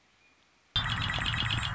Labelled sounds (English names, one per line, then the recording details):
Red-winged Blackbird
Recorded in Sonoma County, California